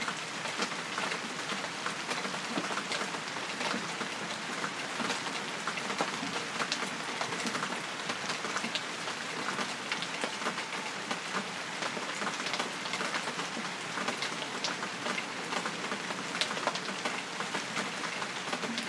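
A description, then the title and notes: Steady rain falls in Antibes, a dense, even hiss with countless drops pattering on hard surfaces. Brighter individual splashes flick through it constantly, and the level holds unchanged from start to finish over a faint low rumble underneath. Rain in Antibes. Zoom h2/fel/rode nt4/deadkitten juillet 2011.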